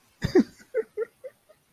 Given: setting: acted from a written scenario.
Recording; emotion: vocal sound without words; sadness